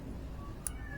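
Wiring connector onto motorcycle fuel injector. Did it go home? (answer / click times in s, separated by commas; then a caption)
yes / 0.7 s. A plastic wiring connector is pushed onto the fuel injector of a New Honda Supra X 125 Fi (KYZ) motorcycle until it latches. Over a low background hum, a single short, sharp click sounds at 0.7 s, and the connector is seated.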